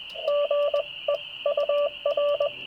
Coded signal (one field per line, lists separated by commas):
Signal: Morse code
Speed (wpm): 20 wpm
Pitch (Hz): 1750 Hz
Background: radio noise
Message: GE UR